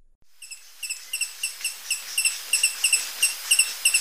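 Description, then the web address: Booted Racket-tail uttering thin, high chip notes in quick succession, often paired, growing slightly louder over the few seconds heard. Recorded in Ecuador. "Birds of Ecuador. Booted Racket-tail"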